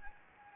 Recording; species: mosquito wingbeat signal from an infrared sensor; Anopheles gambiae